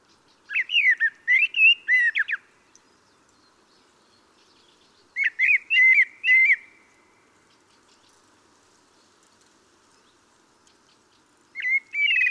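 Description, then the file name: Common blackbird giving warbled phrases of fluty notes ending in thin squeaky twitters, three bouts separated by long silent pauses. "Turdus merula"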